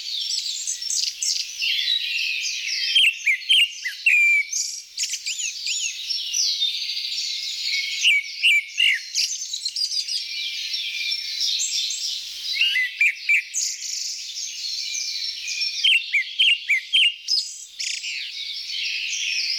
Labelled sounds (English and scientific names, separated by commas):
Grey-backed Thrush (Turdus hortulorum) song